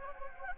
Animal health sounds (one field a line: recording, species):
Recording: mosquito wingbeat signal from an infrared sensor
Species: Anopheles gambiae